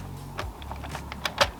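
After cleaning, a plastic part (likely the filter or cover) of a Roker Plus by Hydrus robotic pool vacuum cleaner is handled and pressed toward its plastic body, giving soft rubbing and scraping over a low hum, with brief sharp plastic knocks near 1.3 s and 1.6 s. Nothing has seated or clicked into place yet.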